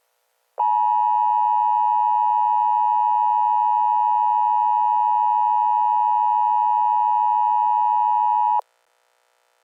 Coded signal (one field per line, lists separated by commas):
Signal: Emergency Alert System (SAME) tones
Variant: 853 and 960 Hz attention tone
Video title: EAS Scenario #16: The Children Disappearences